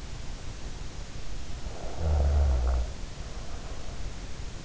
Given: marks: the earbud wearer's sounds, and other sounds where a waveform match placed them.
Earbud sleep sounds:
sounds in sleep by an in-ear microphone; snoring breath
1.57-3.97 s: snoring breath

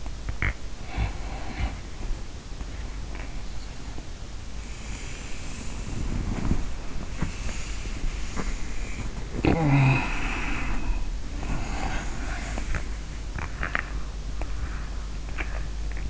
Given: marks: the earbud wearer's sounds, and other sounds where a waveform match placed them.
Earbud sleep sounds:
sounds in sleep by an in-ear microphone; swallowing, breath, body movement, snoring breath
0.06-0.67 s: swallowing
0.90-2.26 s: breath
2.63-16.10 s: body movement
9.32-13.13 s: snoring breath
13.31-14.18 s: swallowing

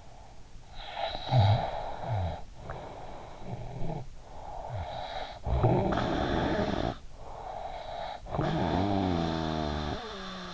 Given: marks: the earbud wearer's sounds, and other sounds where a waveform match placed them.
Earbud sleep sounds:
sounds in sleep by an in-ear microphone; snoring breath
0.00-10.53 s: snoring breath

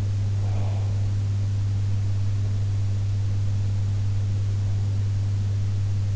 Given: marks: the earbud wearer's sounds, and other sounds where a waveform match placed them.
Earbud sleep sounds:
sounds in sleep by an in-ear microphone; breath
0.37-1.09 s: breath

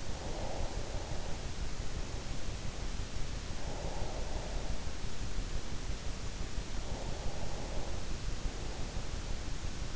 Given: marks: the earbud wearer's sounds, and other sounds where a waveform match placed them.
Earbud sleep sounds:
sounds in sleep by an in-ear microphone; breath
0.00-3.06 s: breath
3.34-6.41 s: breath
6.54-9.64 s: breath

